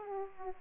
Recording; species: mosquito wingbeat signal from an infrared sensor; Aedes aegypti